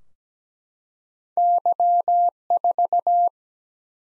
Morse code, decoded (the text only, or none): Y4